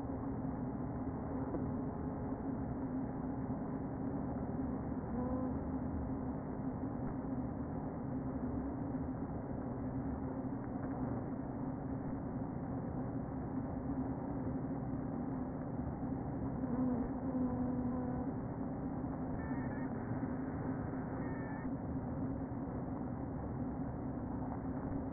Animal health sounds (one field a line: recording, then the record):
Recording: honeybee colony, microphone inside the hive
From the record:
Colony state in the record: queen present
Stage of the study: before two queens were removed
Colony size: about 60,000 bees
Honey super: yes